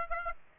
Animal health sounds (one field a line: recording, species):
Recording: mosquito wingbeat signal from an infrared sensor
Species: Aedes aegypti